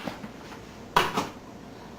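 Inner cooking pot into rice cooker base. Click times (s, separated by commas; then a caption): 1.0 s. A metal inner cooking pot holding rice is set down into the heating well of a rice cooker body. A sharp click at 0.97 s marks the pot seating all the way into the base, followed by a softer settling knock just after 1.1 s. The pot is seated in place.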